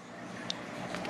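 A wire terminal with a grommet is gently pulled with needle-nose pliers through the alignment pieces of a plastic fuel injector connector housing, part of a GT500 injector kit for an MX5 Miata. A sharp, small click at 0.5 s marks the terminal locking into the housing, with a fainter tick at about 0.9 s over a steady background hiss. The terminal is seated.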